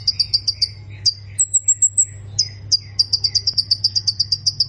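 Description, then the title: Plain prinia song: bursts of sharp, evenly repeated high notes with a brief higher thin phrase between them, over a steady low hum. "Ciblek Sawah"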